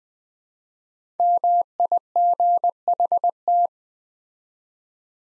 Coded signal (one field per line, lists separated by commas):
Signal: Morse code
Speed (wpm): 20 wpm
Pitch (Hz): 700 Hz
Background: none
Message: MIGHT